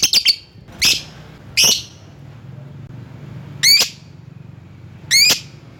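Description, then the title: Lovebird calls: a quick triple chip, then four piercing shrieks at irregular gaps. Lovebird calling a rival. "Lovebird Memanggil Lawan"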